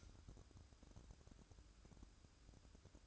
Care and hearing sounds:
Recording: daily activity, microphone in the room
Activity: light on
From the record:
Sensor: 2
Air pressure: 1007.7 hPa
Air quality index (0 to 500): 90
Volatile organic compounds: 1 ppm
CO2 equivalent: 687 ppm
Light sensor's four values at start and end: 7/16/7/7 and 11/30/12/12

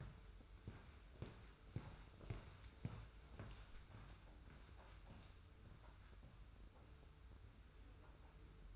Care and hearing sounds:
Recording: daily activity, microphone in the room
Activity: walk to room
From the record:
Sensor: 2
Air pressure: 991.0 hPa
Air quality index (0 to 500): 111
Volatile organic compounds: 52 ppm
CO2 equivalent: 3327 ppm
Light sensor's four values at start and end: 33/99/39/37 and 34/101/40/38

